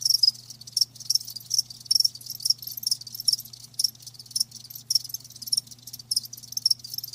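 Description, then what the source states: Crickets chirping, bright high pulses in uneven groups, nearly continuous, with a faint low hum. Live crickets chirping with a lulling song.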